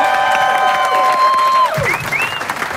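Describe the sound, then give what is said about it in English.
Steady applause and cheering from an audience welcoming the star of the show, with sustained tones that slide downward and a couple of short rising whistles over the dense clapping. “Ladies and gentlemen, at this time, the star of our show, and how about a great big round of applause?”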